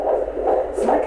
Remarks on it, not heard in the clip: The reason we know that's the baby is because the heart rate's so fast. It's like. A fast little train.